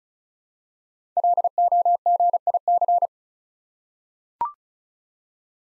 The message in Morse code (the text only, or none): LOGIC